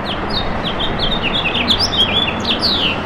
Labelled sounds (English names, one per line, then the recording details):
House Finch song
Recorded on Long Island, New York, on 27 June 2012
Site BE
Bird A